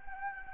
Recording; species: mosquito wingbeat signal from an infrared sensor; Anopheles gambiae